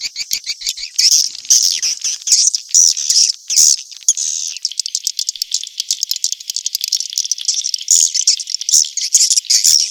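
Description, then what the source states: Swiftlet chirps, high and buzzy, come in quick, uneven bursts of roughly two per second with dry clicks scattered through the sequence. Sound used in swiftlet farming in Asia.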